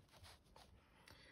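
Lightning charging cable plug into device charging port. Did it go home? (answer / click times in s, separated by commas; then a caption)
no / none. A Lightning charging cable plug is pushed into a tablet or phone charging port that has lint in it, producing soft scraping and rubbing noises with brief bumps near 0.6 and 1.1 seconds. The plug does not go all the way in, and nothing has clicked or seated.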